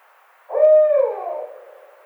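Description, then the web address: Barred owl giving one loud, low hoot that holds steady, then slurs downward and fades into a drawn-out ending. Recorded 29 May 2009. "Barred Owl 2009 05 29 Barred Owl 03"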